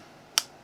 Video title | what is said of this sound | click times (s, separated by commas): Huge Amazon Haul for my new Canon EOS 70d | turn it clicks into place and won't move until you press this button | 0.4 s